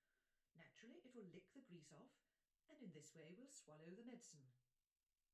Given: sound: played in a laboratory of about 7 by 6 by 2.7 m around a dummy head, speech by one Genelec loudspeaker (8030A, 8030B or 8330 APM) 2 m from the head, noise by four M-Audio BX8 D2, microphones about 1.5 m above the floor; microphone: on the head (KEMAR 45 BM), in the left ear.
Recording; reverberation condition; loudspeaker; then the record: female speech in English; low; 60 degrees to the right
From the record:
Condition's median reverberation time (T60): about 310 ms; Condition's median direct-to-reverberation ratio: about 3.5 dB